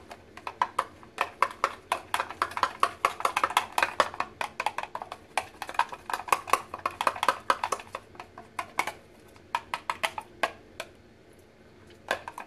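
Kitchen sounds while cooking a dinner side dish: a busy run of sharp clicks and taps, like utensils and containers being handled, packed densely for the first eight seconds. The taps then thin out to scattered knocks.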